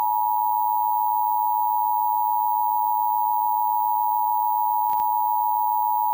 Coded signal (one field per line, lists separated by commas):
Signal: Emergency Alert System (SAME) tones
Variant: 853 and 960 Hz attention tone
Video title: Tornado Warning (EAS 1,027) NWS Austin, TX [THEME NOT RIGHT AGAIN!!!!!!]